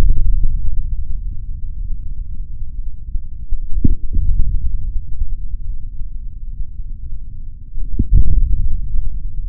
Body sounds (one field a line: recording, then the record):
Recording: forearm muscle sounds (acoustic myography)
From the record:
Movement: forearm supination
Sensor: system 3, bracelet of six PUI Audio POM-2738L microphones around the upper forearm, with dedicated amplification and filtering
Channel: 1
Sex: male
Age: 26 years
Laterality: right